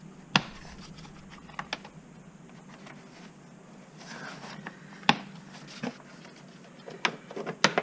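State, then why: Seated. The little snap clips on the plastic air box cover of a 2005–2011 Hyundai Accent are closed one by one after the new air filter is lined up in the housing. Sharp clicks land at 0.4, 5.1, 7.0 and 7.7 seconds over a low background hum, with a few softer taps in between. The clips are snapped shut and the cover is seated.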